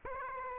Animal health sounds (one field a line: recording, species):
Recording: mosquito wingbeat signal from an infrared sensor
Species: Aedes aegypti